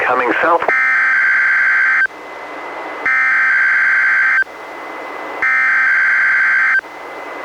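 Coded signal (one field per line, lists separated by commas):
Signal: Emergency Alert System (SAME) tones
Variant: header bursts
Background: speech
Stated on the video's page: NWR Required Weekly Test relayed by an Astoria weather radio station, recorded from a Reecom R-1630 weather radio via Zoom H1 recorder.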